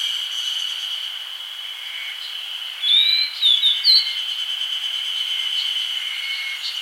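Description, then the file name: Grey bunting, a quick cluster of sharp rising and falling high notes midway, set against a continuous buzzing insect chorus. "Emberiza variabilis"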